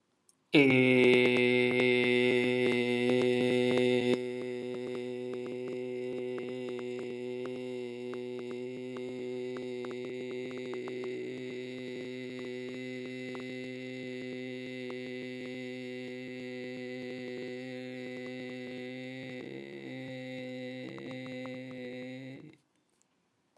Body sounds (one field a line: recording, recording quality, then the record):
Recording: sustained vowel as in made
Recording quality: excellent, no background noise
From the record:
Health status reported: healthy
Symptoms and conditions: none ticked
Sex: male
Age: 20 years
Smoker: not ticked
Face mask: not worn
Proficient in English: yes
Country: India